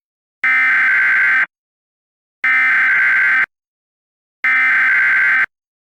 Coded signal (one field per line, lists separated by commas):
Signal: Emergency Alert System (SAME) tones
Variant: header bursts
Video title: COLOSSUS: An EAS Scenario (#9) (feat. @MistfulSkye, @therealchxd, @Snowboi, @op03EAS)